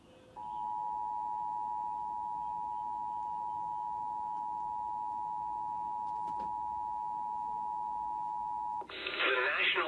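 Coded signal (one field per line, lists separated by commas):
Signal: Emergency Alert System (SAME) tones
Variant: 853 and 960 Hz attention tone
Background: speech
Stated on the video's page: Valid SAME tones.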